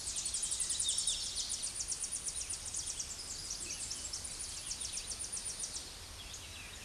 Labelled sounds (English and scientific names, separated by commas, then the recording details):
Tennessee Warbler (Leiothlypis peregrina) song
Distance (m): 35 m
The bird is about 5 m above the microphone
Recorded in a Pennsylvania forest on 16 May 2024 at 07:58
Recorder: AudioMoth, point MSD-0521
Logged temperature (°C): 15.8 °C
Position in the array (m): 69 m, 61 m